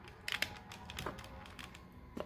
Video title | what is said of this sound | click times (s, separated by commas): Edoggz Reviews: Masterpiece Transformer MP-29 Shockwave | it's supposed to snap into place | 0.4 s